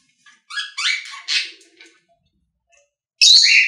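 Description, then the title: Budgerigar giving a few short chirps and a scratchy warble, then quiet, ending with a loud buzzy burst. "Budgie Sounds"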